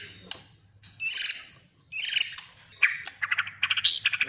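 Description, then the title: Oriental magpie-robin song in loud harsh high bursts separated by short silences, ending in rapid repeated chirping notes. "kacer"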